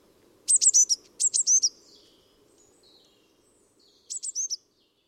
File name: Cyanistes caeruleus